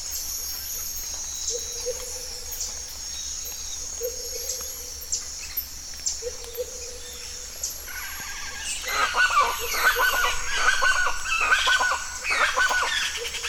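Birdsong at a bird reserve, with a steady high insect-like hiss running throughout and a low hum underneath. For the first eight seconds, soft low hoots recur about every two seconds; then dense, busy chirping and calls fill the rest.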